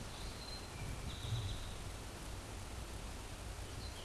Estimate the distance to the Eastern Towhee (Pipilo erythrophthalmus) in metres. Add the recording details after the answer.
about 60 m. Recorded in a Pennsylvania forest on 17 May 2023 at 12:27. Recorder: AudioMoth, point grid1_37_low. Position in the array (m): 66 m, 244 m